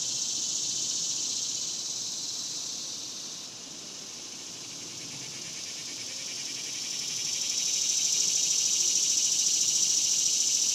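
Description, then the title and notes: Cicadas singing in a dense, steady high buzz that dips in loudness midway and swells again toward the end, with a pulsing texture throughout. Cicadas singing outdoors in a cemetery during the daytime in summer. "Ext, Daytime Cicadas, Cemetery, Summer by Bandeto"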